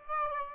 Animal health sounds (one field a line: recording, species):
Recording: mosquito wingbeat signal from an infrared sensor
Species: Aedes aegypti